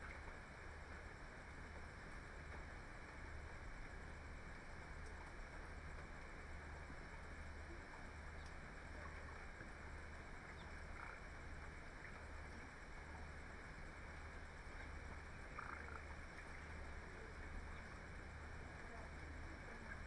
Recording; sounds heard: poultry house recording; healthy chickens